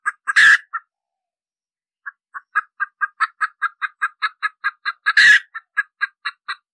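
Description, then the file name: Red junglefowl hen cackling: a raucous squawk, a short pause, then clucks that speed up and strengthen into another loud squawk, followed by more clucks. Hen cackling (cục tác) after laying an egg. "Tieng ga mai rung cuc tac de"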